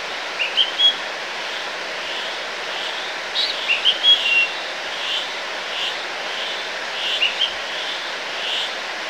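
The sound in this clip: Bird chirping in brief clusters of short high notes, spaced several seconds apart, over steady background hiss.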